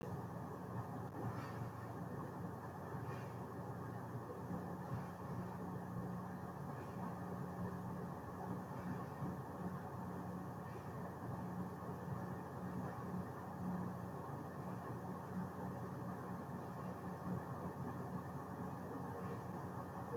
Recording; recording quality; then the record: deep breathing; moderate, slight background noise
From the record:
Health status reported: exposed to COVID-19, no respiratory illness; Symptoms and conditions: cough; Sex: male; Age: 29 years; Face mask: not worn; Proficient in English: yes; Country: India